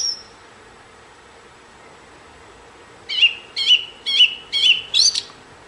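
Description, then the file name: Thrush song: after a brief high note and a quiet pause, a phrase of five loud whistled notes repeated at an even pace. "طائر السمنة"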